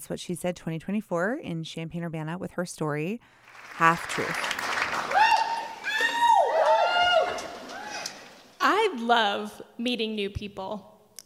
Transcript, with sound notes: And That's What She Said 2024 in Champaign Urbana with her story, "Half Truth."
(applause and cheering) I love meeting new people.